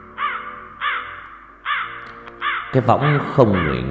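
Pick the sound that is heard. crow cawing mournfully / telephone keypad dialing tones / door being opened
crow cawing mournfully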